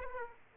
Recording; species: mosquito wingbeat signal from an infrared sensor; Aedes aegypti